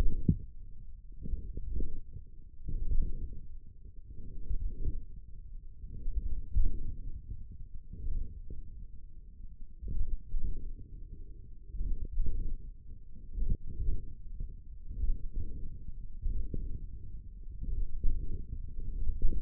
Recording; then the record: forearm muscle sounds (acoustic myography)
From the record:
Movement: radial deviation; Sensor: system 1, eight BSWA MPA416 microphones around the upper forearm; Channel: 3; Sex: male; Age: 28 years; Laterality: right